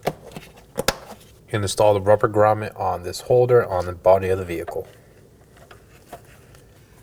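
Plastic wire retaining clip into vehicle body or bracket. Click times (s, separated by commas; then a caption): 0.9 s. A plastic clip holding the front ABS wheel speed sensor wire on a 2015–2023 Nissan Maxima is pressed back onto the vehicle body or bracket, with a few small taps before a sharp snap at 0.9 s as it seats. Someone then talks, followed by a few faint ticks.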